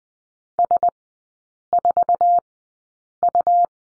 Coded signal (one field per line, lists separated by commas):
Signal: Morse code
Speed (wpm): 20 wpm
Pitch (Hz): 700 Hz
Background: none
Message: S4U